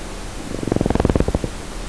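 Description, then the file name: Fish growl: a low, rapidly pulsed grunting rumble lasting about one second, swelling and fading, over steady background hiss. Unknown fish species; growl. "Amorim C-2004 Unknown-sp Growl-2"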